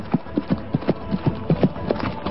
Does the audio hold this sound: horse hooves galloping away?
yes